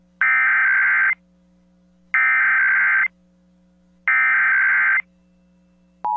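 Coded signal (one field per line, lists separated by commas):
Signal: Emergency Alert System (SAME) tones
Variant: header bursts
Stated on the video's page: Required monthly test recorded from the KOKC-AM livestream.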